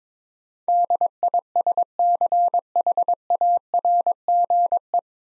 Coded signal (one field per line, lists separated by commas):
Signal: Morse code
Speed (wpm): 21 wpm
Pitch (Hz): 700 Hz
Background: none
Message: DISCHARGE